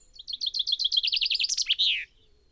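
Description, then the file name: Common chaffinch song: evenly spaced high notes descending into faster trills, finished by a loud downward-slurred flourish. "Fringilla coelebs"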